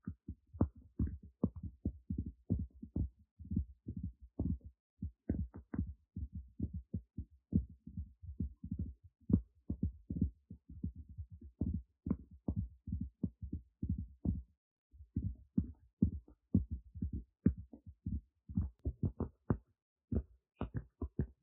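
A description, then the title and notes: Tapping runs through the whole recording as a steady stream of short, dull knocks, mostly low and soft-edged, some with a brighter click on top. The hits come quickly in uneven bunches, with a brief pause near fifteen seconds before the rhythm resumes. Tapping.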